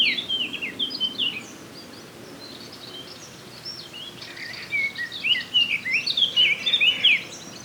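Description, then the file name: Eurasian blackcap warbling, a jumbled phrase at the start, a quiet gap, then a second, louder run of rapid, swooping high notes. "Sylvia atricapilla"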